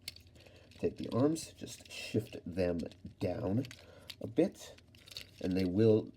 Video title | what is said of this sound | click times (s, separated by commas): Transformers Studio Series 86 Voyager Class Constructicon Scrapper Review | fold up into here and snap into place. | 0.1 s